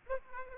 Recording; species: mosquito wingbeat signal from an infrared sensor; Aedes aegypti